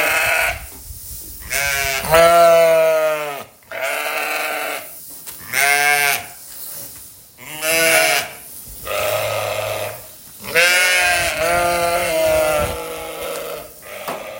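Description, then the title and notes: Sheep bleating repeatedly, quavering drawn-out bleats every second or two with brief quiet gaps. Sheep in a field. "Ovellas Coens. escoitamos perfectamente as ovellas no campo"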